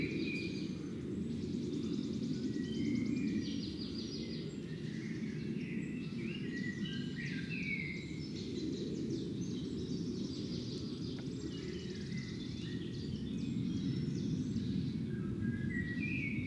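Morning birdsong outside a fox den, with many birds calling and chirping at once in a busy, overlapping chorus of bright trills and short notes throughout. Beneath them runs a steady low rumble that stays even for the whole recording.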